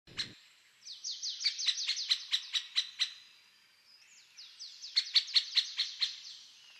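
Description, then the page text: Great spotted woodpecker uttering a run of sharp, high call notes in two bursts. Burgundy, France; calls. "Pic épeiche Dendrocopos major Tambourinage et cris"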